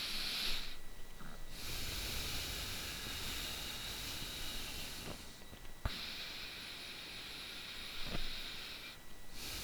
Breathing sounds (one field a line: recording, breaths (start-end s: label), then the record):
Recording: nose breathing near a microphone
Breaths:
0.00-1.03 s: inhalation
1.03-5.58 s: exhalation
5.58-9.04 s: inhalation
9.04-9.63 s: exhalation
From the record:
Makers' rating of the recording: bad